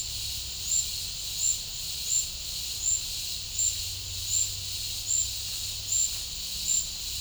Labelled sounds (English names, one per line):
none